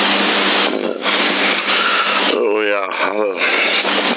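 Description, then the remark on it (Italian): A strong mistral wind roars in a steady, dense rush of noise for the whole stretch, heard over CB radio in Sassari in February 2024, with a brief voice breaking through it near the end. “Vento, maestrale, che ci vuoi fare?”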